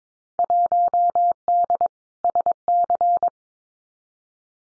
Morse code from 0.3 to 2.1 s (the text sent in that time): 1D